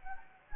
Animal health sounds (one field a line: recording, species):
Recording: mosquito wingbeat signal from an infrared sensor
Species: Anopheles gambiae